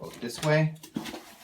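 A Baby Jogger City Select stroller seat is handled at its plastic mounting adapters on the frame's seat mount while someone talks. The seat is checked both ways, facing forward and facing back. Nothing has seated or clicked into the mount yet.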